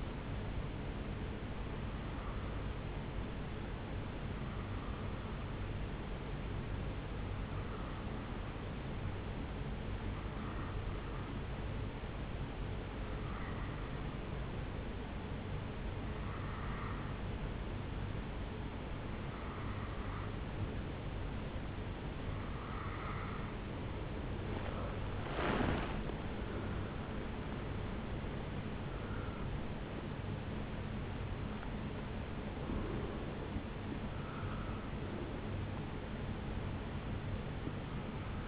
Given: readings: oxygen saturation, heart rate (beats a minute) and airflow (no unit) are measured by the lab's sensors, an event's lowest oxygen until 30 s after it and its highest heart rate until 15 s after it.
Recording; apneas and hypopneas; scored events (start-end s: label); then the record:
breathing in sleep by a voice recorder at the bedside; none
29.00-38.48 s: new sleep stage, N1 (lightest sleep)
From the record:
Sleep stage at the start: REM sleep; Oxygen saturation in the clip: 82 to 85%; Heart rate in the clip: 68 to 81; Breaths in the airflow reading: 11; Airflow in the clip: -11.9 to 10.7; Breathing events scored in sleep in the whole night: 449 in 7.0 hours asleep